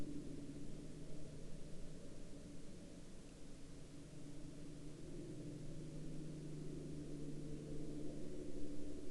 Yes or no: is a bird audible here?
no